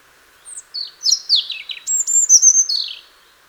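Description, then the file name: European robin song: one rippling phrase of high, sliding whistles and fast descending trills, with a long pure note near the end, over a soft hum. "Erithacus rubecula"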